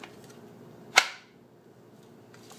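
An ESEE Junglas machete blade is drawn and pushed back into its Kydex sheath, where it snaps in with one sharp, bright click at 1.0 s that rings out briefly over a quiet background. Faint ticks come near the start and at about 2.4 s. The sheath grips the blade and holds it securely so it will not fall out.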